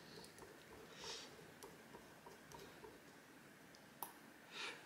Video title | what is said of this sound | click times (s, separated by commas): Piston Puzzle by Felix Ure - Fiendish Sequential Discovery Puzzle | you hear just a little click as it moves down into that position so that's the brass ball | 4.0 s